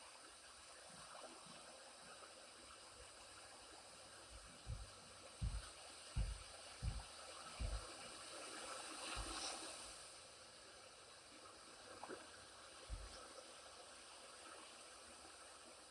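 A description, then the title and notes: Water runs in a steady, dense hiss that fills the whole clip at an even level. Low thumping knocks punctuate it, clustered between about four and nine seconds, with a few more near twelve and thirteen seconds, as though something bumps against the flow. The sound of water.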